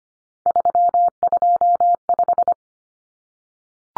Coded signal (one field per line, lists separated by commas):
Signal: Morse code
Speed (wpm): 25 wpm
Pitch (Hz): 700 Hz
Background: none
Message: 325